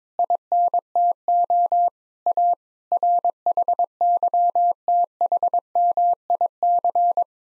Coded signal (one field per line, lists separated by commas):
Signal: Morse code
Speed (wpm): 22 wpm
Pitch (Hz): 700 Hz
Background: none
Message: INTO A RHYTHMIC